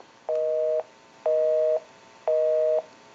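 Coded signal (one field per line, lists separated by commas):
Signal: telephone call progress tone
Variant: North America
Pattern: busy tone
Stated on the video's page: Heard on a Western Electric 500 rotary desk telephone during initial checkout after repair.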